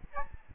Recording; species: mosquito wingbeat signal from an infrared sensor; Aedes albopictus